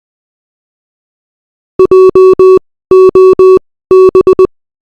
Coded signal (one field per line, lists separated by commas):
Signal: Morse code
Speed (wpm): 20 wpm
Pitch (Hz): 380 Hz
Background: none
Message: JOB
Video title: Morse Code